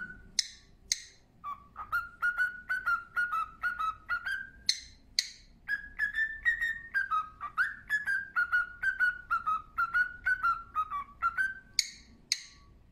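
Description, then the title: Cockatiel song: a rapid run of short whistled notes, about two each second, wandering slightly in pitch, broken by harsh scratchy chirps. "Calopsitas Cantando Assobio"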